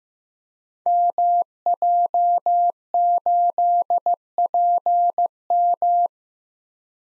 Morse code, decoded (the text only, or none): MJ8PM